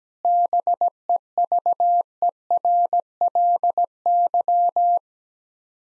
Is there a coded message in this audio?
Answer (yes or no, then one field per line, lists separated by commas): yes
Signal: Morse code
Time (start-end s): 0.2-5.0 s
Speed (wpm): 17 wpm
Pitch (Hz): 700 Hz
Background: none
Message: BEVERLY